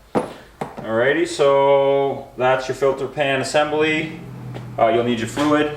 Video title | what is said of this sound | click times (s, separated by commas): ram 1500 8 speed transmission oil change service - ZF 8 Speed - 8HP 45 70 90 - DIY & SAVE over $1500 | you know I'm gonna put just both I'm gonna put it to 10 basically and just just give it a little click alrighty | 0.2 s, 0.6 s